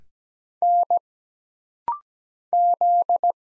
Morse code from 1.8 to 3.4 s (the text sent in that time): Z